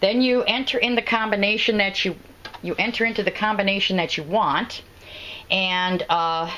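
Someone talks while handling the combination lock latch on an Ohuhu dictionary diversion book safe box after the lid has been closed and the combination entered. Only speech is heard, with a quieter stretch near the end. Nothing has seated or clicked yet; the lock has not latched shut.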